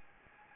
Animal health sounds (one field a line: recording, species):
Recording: mosquito wingbeat signal from an infrared sensor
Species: Anopheles gambiae